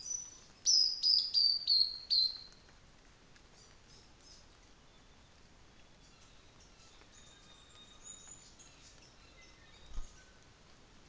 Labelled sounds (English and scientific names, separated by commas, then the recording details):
New Zealand Fantail (Rhipidura fuliginosa)
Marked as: faintness 3/5
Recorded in New Zealand on 24 December 2018
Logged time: 09:00